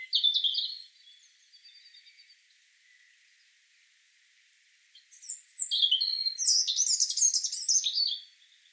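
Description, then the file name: European robin song: a short high warbled phrase, a pause of several seconds, then a longer, richer phrase of thin whistles and rapid trills sliding up and down. "Erithacus rubecula"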